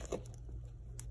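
The strap end of a Silca Mattone bicycle seat pack is worked into its slot under the saddle, with soft crinkling and light taps heard first. A sharp click at 1.0 s marks the strap seating in its slot, ready for the BOA dial to be tightened.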